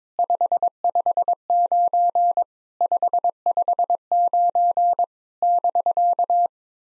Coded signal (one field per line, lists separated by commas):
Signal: Morse code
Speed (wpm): 22 wpm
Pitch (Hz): 700 Hz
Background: none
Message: 559 559 <BK>